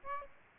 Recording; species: mosquito wingbeat signal from an infrared sensor; Aedes aegypti